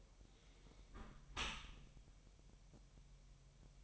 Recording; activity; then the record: daily activity, microphone in the room; close dishwasher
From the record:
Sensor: 1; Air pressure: 1000.4 hPa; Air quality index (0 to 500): 247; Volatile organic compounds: 142 ppm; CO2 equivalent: 3986 ppm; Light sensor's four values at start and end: 11/27/11/12 and 11/27/11/12